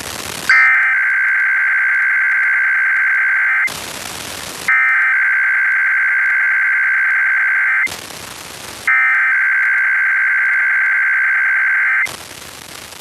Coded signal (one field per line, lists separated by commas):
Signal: Emergency Alert System (SAME) tones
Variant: header bursts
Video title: IPAWS Weekly Test (1/24/22)(EAS 1063)